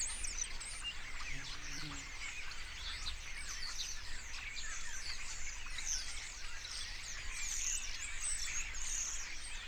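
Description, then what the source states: Unbroken starling chatter: crowded whistles, rattles and squeaks, with a few bright, sharp whistled notes standing out near the end. Several starlings.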